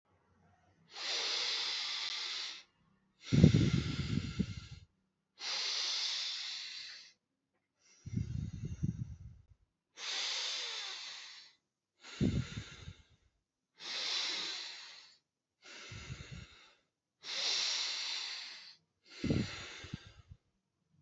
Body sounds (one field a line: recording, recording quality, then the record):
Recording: deep breathing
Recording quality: excellent, no background noise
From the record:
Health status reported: exposed to COVID-19, no respiratory illness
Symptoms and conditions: none ticked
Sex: male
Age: 36 years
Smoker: yes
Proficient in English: yes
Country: India